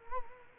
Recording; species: mosquito wingbeat signal from an infrared sensor; Culex quinquefasciatus